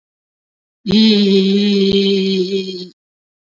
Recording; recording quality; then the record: sustained vowel as in beet; excellent, no background noise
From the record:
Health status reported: COVID-19 positive, moderate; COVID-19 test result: positive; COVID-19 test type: RT-PCR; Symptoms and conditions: cough, cold, breathing difficulty, sore throat, fever, fatigue, muscle pain, diarrhoea, hypertension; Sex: male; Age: 36 years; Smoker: yes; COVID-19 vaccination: one dose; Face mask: worn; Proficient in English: no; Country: India